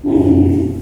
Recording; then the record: squeal of a Yucatan mini pig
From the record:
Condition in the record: before surgery on the right vocal fold (resection and tissue-engineered implant); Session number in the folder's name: 1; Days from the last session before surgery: -21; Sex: female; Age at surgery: 19 weeks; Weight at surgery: 25 kg